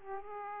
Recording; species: mosquito wingbeat signal from an infrared sensor; Aedes aegypti